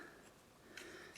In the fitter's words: then it doesn't lock in really